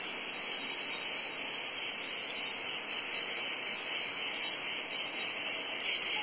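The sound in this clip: Cicadas sustaining a piercing high buzz that never pauses, swelling a little louder midway.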